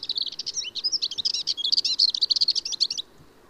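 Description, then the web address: Marmora's warbler song: a dense, scratchy, chattering warble running unbroken for about three seconds, high-pitched with rapid jerky notes, then stopping abruptly. "Magnanina sarda"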